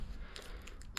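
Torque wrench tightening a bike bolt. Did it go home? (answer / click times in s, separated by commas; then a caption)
yes / 1.0 s. A torque wrench tightens a bolt on a newly assembled YT Decoy Core 3 mountain bike, with faint ticks and rustle under a steady low hum. A sharp metallic click arrives at 1.0 s as the wrench reaches its setting, confirming the bolt is torqued and needs no more tightening.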